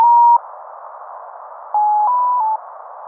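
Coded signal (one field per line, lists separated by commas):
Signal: channel marker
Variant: Mazielka (X06)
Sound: a brief steady tone, then hiss, then three short tones stepping in pitch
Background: radio static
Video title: Mazielka (X06) tones station identification from embassy of Russia in Prague - USB 10.214 MHz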